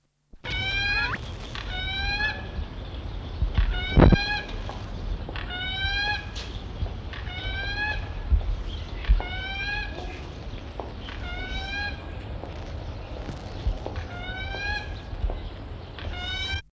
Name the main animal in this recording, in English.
Plate-billed Mountain Toucan